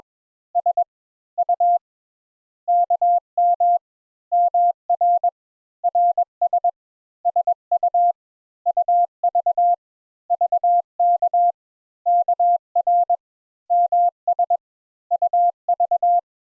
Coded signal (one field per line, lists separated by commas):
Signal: Morse code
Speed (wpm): 21 wpm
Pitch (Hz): 700 Hz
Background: none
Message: S U KM MR RS SU UV VK KR MS UV